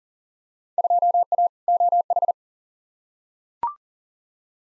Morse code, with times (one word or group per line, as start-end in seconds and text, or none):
0.8-1.5 2A
1.7-2.3 OH